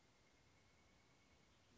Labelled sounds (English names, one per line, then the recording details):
Pileated Woodpecker
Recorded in Sonoma County, California